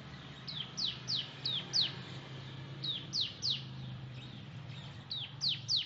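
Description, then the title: Oriental magpie-robin song: falling whistled notes delivered in short groups of three to five with brief gaps, above a steady low droning background. "Kicau Kacer"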